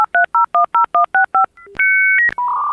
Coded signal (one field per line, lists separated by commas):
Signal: DTMF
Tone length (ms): 120 ms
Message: 83010165